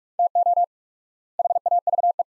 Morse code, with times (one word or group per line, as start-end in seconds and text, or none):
0.2-0.6 TO
1.4-2.2 HAVE